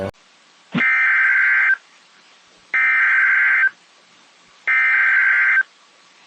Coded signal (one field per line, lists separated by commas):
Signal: Emergency Alert System (SAME) tones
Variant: header bursts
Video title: EAS Scenario: Project JJ!